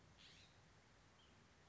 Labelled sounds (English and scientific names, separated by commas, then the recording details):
California Scrub-Jay (Aphelocoma californica)
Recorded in Sonoma County, California